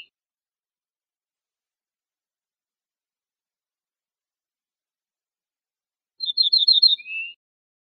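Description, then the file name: Ortolan bunting song after a long silence: a quick series of repeated bright notes closing with one lower, slurred note. "suara kicauan ortolan"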